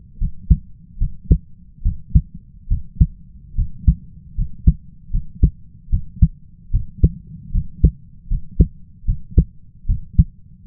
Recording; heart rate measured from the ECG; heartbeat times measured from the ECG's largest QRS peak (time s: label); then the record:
heart sounds by stethoscope; 74 bpm
0.18 s: heartbeat
0.98 s: heartbeat
1.82 s: heartbeat
2.68 s: heartbeat
3.55 s: heartbeat
4.35 s: heartbeat
5.11 s: heartbeat
5.90 s: heartbeat
6.71 s: heartbeat
7.51 s: heartbeat
8.28 s: heartbeat
9.05 s: heartbeat
9.86 s: heartbeat
From the record:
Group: healthy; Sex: male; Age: 20 years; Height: 167 cm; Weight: 61 kg